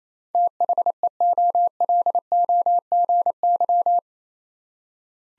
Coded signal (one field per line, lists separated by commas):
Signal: Morse code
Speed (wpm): 27 wpm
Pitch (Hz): 700 Hz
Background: none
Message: THEOLOGY